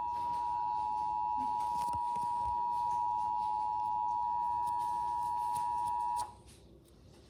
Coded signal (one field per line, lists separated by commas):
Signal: Emergency Alert System (SAME) tones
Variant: 853 and 960 Hz attention tone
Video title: EAS National Periodic Test (August 11, 2021) [REUPLOAD]